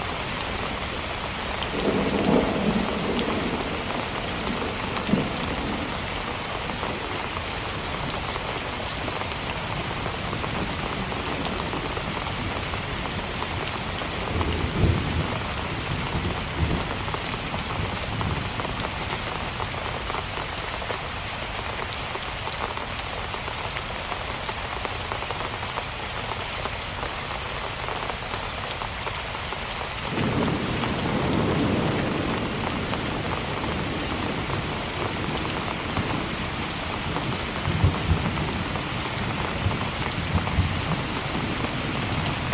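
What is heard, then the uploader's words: A steady, dense rainstorm hisses evenly throughout, with low rumbling swells near the start, around fifteen seconds, and after thirty seconds. Rainstorm White Noise.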